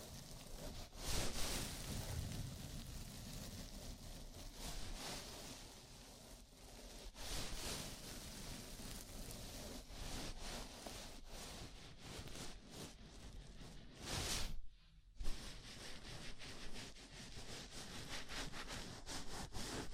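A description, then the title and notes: A scalp massage makes a dense, steady scratchy rustle of fingers working through hair, with rhythmic rubbing strokes throughout. Brighter, louder bursts stand out near 1, 7 and 14 seconds, and the sound briefly drops out just after 14 seconds before resuming. ASMR Sleepy Scalp Massage (No Talking).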